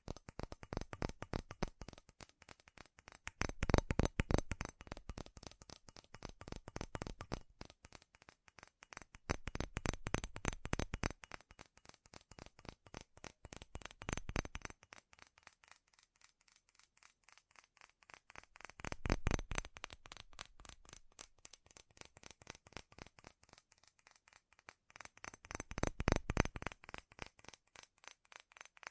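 Fast, furious tapping on metal, a dense run of sharp clicking strikes with no pauses longer than a moment. The rhythm surges in bursts, getting louder and thicker around 4, 10, 19 and 26 seconds, then thinning to lighter, quicker ticks between.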